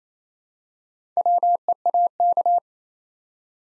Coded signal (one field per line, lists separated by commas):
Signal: Morse code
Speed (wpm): 29 wpm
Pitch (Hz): 700 Hz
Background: none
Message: WEAK